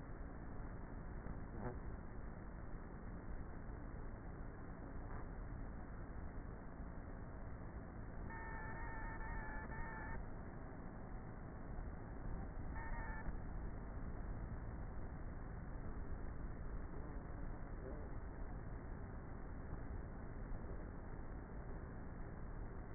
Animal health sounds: honeybee colony, microphone inside the hive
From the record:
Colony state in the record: queenless with a low population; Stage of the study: before two queens were removed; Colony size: about 30,000 bees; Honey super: no

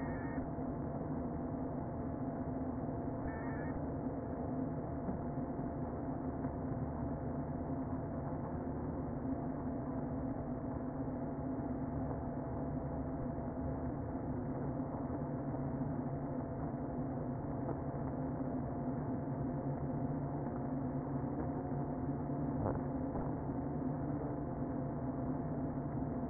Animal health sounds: honeybee colony, microphone inside the hive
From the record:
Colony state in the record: queen present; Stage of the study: before two queens were removed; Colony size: about 60,000 bees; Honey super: yes

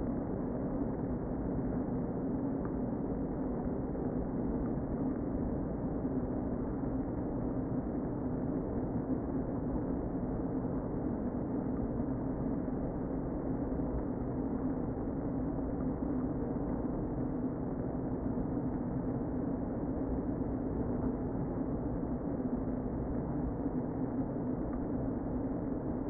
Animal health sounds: honeybee colony, microphone inside the hive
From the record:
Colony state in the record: queen present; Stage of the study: before two queens were removed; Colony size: about 60,000 bees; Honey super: yes

